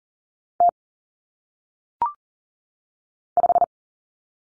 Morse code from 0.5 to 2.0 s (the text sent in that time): T